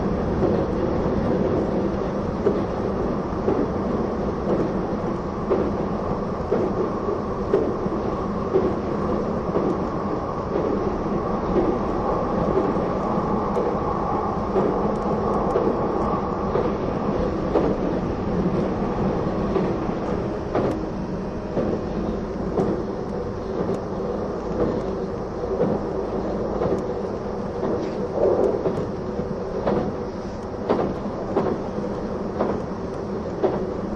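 Running sound of the E261 Saphir Odoriko express train: a steady low rumble with dense rattling and clicks that sharpen after about twenty seconds.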